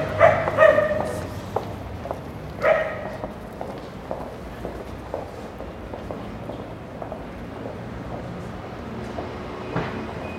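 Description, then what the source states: Dog barking: three sharp, loud barks in the first three seconds, then softer scattered sounds over a low background rumble. Dogs barking, with footsteps and passing vehicles.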